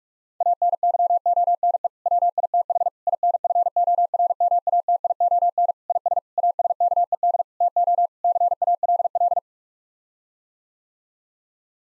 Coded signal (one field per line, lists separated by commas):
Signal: Morse code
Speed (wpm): 46 wpm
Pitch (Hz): 700 Hz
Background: none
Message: ANYONE WITH INFORMATION IS ASKED TO CALL